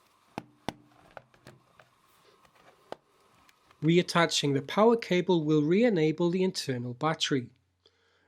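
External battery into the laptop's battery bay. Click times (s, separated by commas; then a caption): 0.4 s, 0.7 s. An external battery pack is pushed into the battery bay of a Lenovo ThinkPad X260/X270 laptop until the clips on each side click, and it seats. Two close, sharp clicks land at 0.4 s and 0.7 s, followed by a few quieter taps, and then someone talks.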